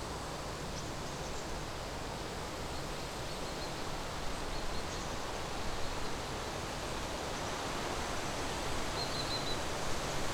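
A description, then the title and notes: Steady wind rushes through a forest in a dense, even roar, with faint bird chirps briefly rising above it now and then. Windy Forest.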